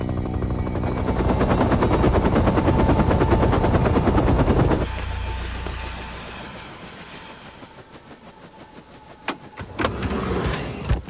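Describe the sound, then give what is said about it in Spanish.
A military helicopter, sent to a site outside Medellín, roars with a steady, rapid rotor chop and loud engine whine, then the sound drops and thins into a lighter, pulsing beat before surging again near the end. “un helicóptero militar fue enviado a un lugar fuera de Medellín, donde Pablo estaba esperando”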